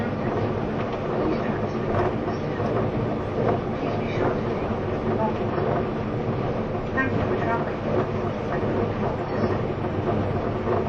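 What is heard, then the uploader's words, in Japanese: A train's running noise holds a steady, dense low rumble throughout, with faint brief voice-like sounds near four, seven and nine seconds. E257系 あずさ19号03 甲府～松本。音の旅(走行音)。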